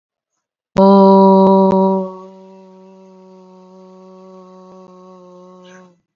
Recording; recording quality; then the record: sustained vowel as in boot; excellent, no background noise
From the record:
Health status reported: healthy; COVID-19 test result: negative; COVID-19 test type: RT-PCR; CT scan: not taken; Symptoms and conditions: cough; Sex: female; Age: 23 years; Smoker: no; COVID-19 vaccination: one dose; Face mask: worn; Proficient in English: yes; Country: India